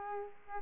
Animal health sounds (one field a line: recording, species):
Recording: mosquito wingbeat signal from an infrared sensor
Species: Aedes aegypti